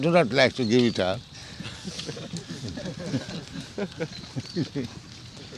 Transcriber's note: laughter